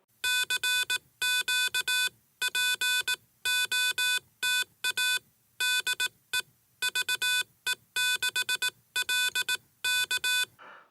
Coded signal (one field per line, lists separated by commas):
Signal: Morse code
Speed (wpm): 18 wpm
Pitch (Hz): 2500 Hz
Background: none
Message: CQPOTA DE VE6LK